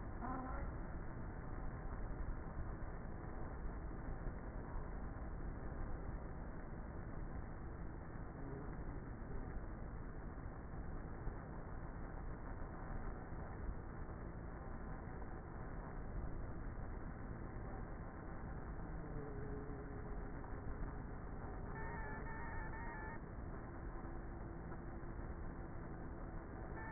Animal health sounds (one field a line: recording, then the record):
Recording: honeybee colony, microphone inside the hive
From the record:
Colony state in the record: queenless with a low population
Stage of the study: before two queens were removed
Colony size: about 30,000 bees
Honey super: no